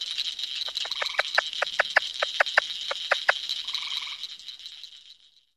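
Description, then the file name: Plains leopard frog giving a rapid series of dry, clucking chuck notes, then a short pulsed trill, over a steady high insect-like chorus. "Rana blairi - Plains Leopard Frog"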